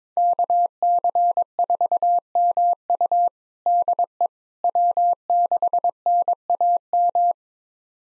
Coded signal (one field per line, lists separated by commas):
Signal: Morse code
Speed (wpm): 22 wpm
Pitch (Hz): 700 Hz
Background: none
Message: KC4MU DE W6NAM